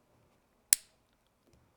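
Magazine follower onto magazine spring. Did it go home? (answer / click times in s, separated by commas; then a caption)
yes / 0.7 s. A polymer follower for a Glock magazine with a factory +2 extension is pressed onto the top coil of the magazine spring and snaps into place at 0.7 s with one sharp, bright click that fades quickly. A faint low sound follows near 1.5 s. The follower is seated and captures the spring.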